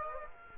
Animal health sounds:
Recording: mosquito wingbeat signal from an infrared sensor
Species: Culex quinquefasciatus

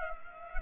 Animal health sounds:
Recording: mosquito wingbeat signal from an infrared sensor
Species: Culex pipiens

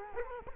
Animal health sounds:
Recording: mosquito wingbeat signal from an infrared sensor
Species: Culex quinquefasciatus

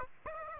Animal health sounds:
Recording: mosquito wingbeat signal from an infrared sensor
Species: Aedes aegypti

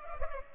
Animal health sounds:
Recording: mosquito wingbeat signal from an infrared sensor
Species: Culex pipiens

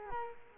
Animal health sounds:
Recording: mosquito wingbeat signal from an infrared sensor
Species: Culex quinquefasciatus

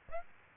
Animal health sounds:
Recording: mosquito wingbeat signal from an infrared sensor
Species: Aedes aegypti

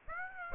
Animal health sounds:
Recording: mosquito wingbeat signal from an infrared sensor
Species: Aedes aegypti

